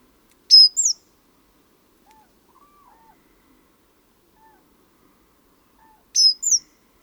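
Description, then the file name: Great tit giving two high, thin two-note calls several seconds apart, with soft faint low tones sounding quietly in the gap between them. "Parus major"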